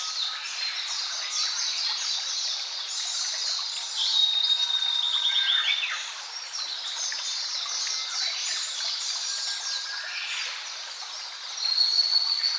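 Birds chorus together: many high chirps and rapid trills overlap, a bright sustained whistle with a descending stutter midway, and a sharp rising note near the close.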